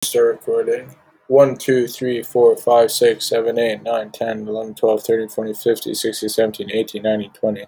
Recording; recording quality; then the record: counting at a fast pace; excellent, no background noise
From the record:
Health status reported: healthy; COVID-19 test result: negative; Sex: male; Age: 23 years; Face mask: not worn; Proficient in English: yes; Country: United States